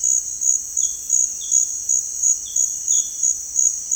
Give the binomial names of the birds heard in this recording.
none